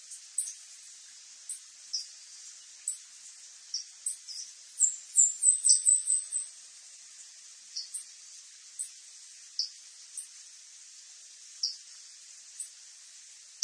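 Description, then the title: São Francisco sparrow giving very high, thin single notes scattered every second or so, with a brief rapid trill of sharp notes in the middle, over a steady hiss. "LuckyPassaro Completos2Sama. Sao Francisco Sparrow (Arremon franciscanus)"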